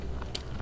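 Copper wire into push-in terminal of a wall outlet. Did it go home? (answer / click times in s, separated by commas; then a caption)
yes / 0.4 s. A stripped copper wire is pushed into the push-in (backstab) terminal on the back of a 110 V wall outlet until the spring grip catches it. A faint tick at 0.2 s leads to a sharp, bright snap at 0.4 s, then a softer tick at 0.6 s over a low steady hum. The wire is seated and locked in the terminal and cannot be pulled back out.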